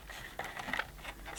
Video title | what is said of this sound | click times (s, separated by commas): Bissell 1671L Big Blue Deep Cleaner Unboxing & Demonstration | So you must line it up properly and push it. There we go. Until it clicks. | 0.7 s, 0.8 s